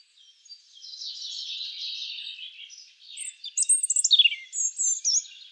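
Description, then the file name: European robin song, a sustained soft warble followed by a loud rapid burst of high, sweet, quickly varied whistles. "Erithacus rubecula"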